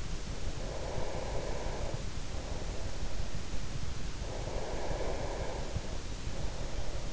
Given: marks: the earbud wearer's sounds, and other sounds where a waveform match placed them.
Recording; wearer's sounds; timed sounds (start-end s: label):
sounds in sleep by an in-ear microphone; breath
0.32-2.79 s: breath
4.18-7.13 s: breath